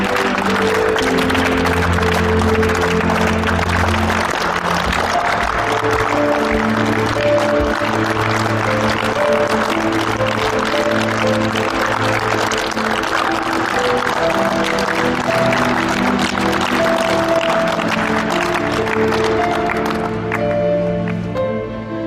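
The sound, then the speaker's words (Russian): A sports team claps steadily as their coach leaves, a dense, sustained wash of applause lasting over twenty seconds, with low music playing underneath before the clapping thins out at the end. “Все аплодируют, тренер уходит.”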